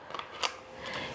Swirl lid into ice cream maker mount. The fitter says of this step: it locks in it goes in here like that and then it locks into place just like the blade